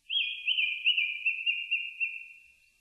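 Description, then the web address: Japanese thrush singing a single continuous phrase of rapid, rolling whistled notes, several quick pulses that gradually weaken and trail off. Recorded on 4 May 2001. "2001 010504 kurotugumi"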